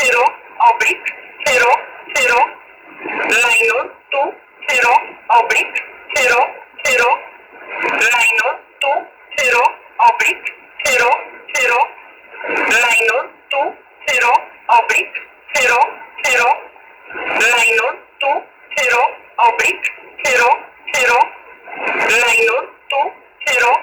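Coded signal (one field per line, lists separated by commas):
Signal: numbers station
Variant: E11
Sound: voice reading short evenly spaced numbers, 'zero oblique zero', over a radio channel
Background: radio static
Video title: E11 Spy Number Station -- 11116 kHz USB / 2026-03-06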